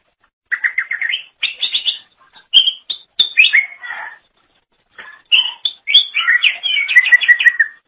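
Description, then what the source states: Leafbird song: rapid stuttering notes leading into mixed chirps and whistles, a short silence, then a longer run of bright warbled phrases. Cucak ijo song.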